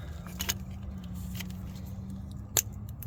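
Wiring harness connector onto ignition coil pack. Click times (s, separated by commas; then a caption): 2.6 s. A wiring harness electrical connector is pushed onto an ignition coil pack in the engine bay of a 2004 Honda during spark plug and coil pack replacement. After a fumbled first try with a few faint plastic ticks and rattles over a steady low hum, a sharp plastic click sounds at 2.6 s. The connector is seated.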